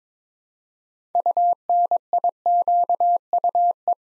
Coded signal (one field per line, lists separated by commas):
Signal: Morse code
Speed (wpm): 22 wpm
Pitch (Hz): 700 Hz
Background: none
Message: UNIQUE